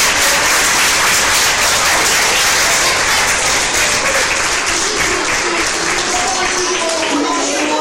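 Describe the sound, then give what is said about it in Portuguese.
Loud, sustained applause from a large crowd for the students of Smart Study at the presentation of the book A Menina E A Sábia, a dense steady wash of many hands clapping that holds at full strength for several seconds without pause. “para eles que antes de iniciar qualquer outra referência, eu queria já uma grande salva de palmas, porque eles estão aqui.”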